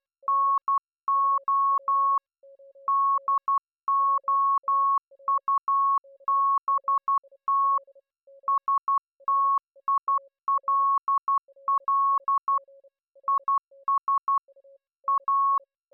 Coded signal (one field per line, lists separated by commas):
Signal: Morse code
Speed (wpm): 12 wpm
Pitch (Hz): 1100 Hz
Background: none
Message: NO DOUBT STILL IS A